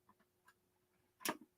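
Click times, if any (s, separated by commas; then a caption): none. Someone tries to fold a folding stool/step closed without first bringing the legs back in, so its folding lock does not catch. Faint light ticks sound near 0.1, 0.2 and 0.5 seconds, then a louder brief knock at about 1.3 seconds. The stool has not locked closed.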